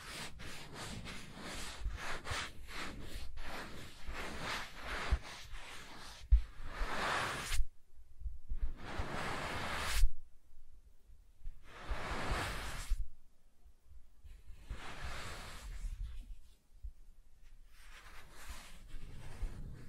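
Soft tracing over smooth and rough surfaces, made of gentle brushing strokes that come quickly and close together for the first seven seconds. After that they slow into separate longer swishes about every two to three seconds, with short silent gaps between them.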